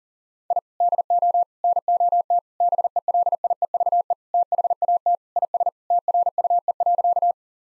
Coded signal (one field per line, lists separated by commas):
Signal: Morse code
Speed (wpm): 40 wpm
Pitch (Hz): 700 Hz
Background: none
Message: I DO NOT BELIEVE THAT IS TRUE.